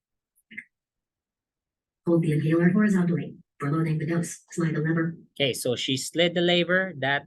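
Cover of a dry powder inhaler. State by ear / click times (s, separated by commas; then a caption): released / 0.5 s. The plastic cover of a dry powder inhaler is slid open with a thumb and gives a short click at 0.5 s, turning the disc to expose one dose. After a pause, someone talks.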